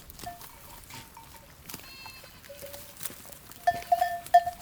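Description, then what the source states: A goat bleating several times, the loudest calls near the end. Goats grazing.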